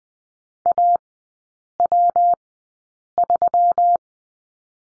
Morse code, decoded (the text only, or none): AW3